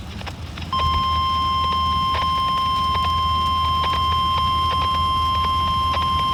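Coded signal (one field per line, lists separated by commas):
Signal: Emergency Alert System (SAME) tones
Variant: 1050 Hz attention tone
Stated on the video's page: Severe Thunderstorm Warning from weather radio transmitter WXJ46, Miamisburg, Ohio.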